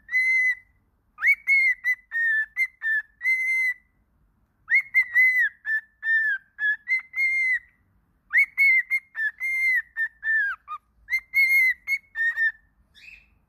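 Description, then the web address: Cockatiel whistled phrases: runs of pure, level notes with a few sliding ones, delivered in bursts separated by brief silences. Lotino (lutino) cockatiel. "Voice lotino Cockatiel"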